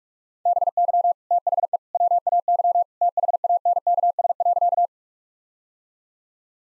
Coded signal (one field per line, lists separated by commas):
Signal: Morse code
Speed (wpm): 46 wpm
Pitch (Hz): 700 Hz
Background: none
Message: BY THE WAY THANKS.